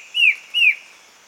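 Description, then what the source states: Black-headed antbird call: two clear whistled notes, each sliding slightly downward, about 0.4 seconds apart, over a steady high background hum. Male, recorded on 22 June 2008.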